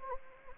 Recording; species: mosquito wingbeat signal from an infrared sensor; Anopheles gambiae